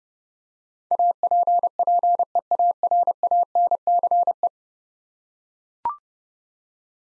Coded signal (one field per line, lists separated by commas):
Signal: Morse code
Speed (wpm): 31 wpm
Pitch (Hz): 700 Hz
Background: none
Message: APPEARANCE